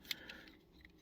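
A plastic panel on the other side of a NewAge Toys H53 Michael (G1 Omega Supreme) transforming robot figure is folded up and its tab pressed into the body to lock it in place. A sharp, bright plastic click at 0.1 s marks the tab seating, followed by a few faint ticks and handling noises. The panel locks into place.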